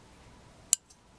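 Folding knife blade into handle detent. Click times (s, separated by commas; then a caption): 0.7 s. A folding knife's blade is closed by hand into its handle and snaps into the closed detent, giving one sharp, bright click at 0.7 s. A much fainter tick follows at 0.9 s over a low, quiet background. The blade is seated closed.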